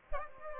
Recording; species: mosquito wingbeat signal from an infrared sensor; Aedes aegypti